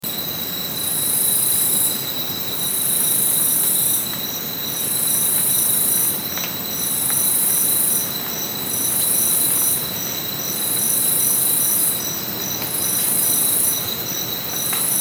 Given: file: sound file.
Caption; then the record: Sample of a second dusk chorus in the intact Kichi Hills forest. 12th April 2007, 23.5°C, 93% h.r. 170 Hz high-pass filtered to remove noise due to wind.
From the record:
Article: Rapid Acoustic Survey for Biodiversity Appraisal